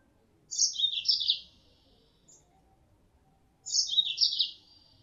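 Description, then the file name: Mozambique canary calls, two high chirpy twittering phrases about three seconds apart, each falling slightly, with a tiny faint chirp between them. Female Mozambique canary; lure sound used to attract birds. "suara pancingan mozambik betina"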